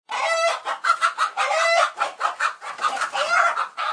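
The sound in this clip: Chicken clucking continuously: dense throaty clucks and drawn-out squawky notes, pulsing rapidly throughout.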